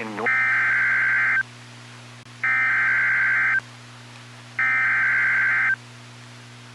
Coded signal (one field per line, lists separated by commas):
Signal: Emergency Alert System (SAME) tones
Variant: header bursts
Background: speech